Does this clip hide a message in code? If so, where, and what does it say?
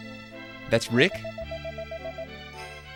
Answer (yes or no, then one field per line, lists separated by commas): no